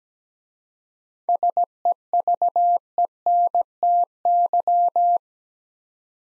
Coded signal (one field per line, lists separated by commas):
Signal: Morse code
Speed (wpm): 17 wpm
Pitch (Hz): 700 Hz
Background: none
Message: SEVENTY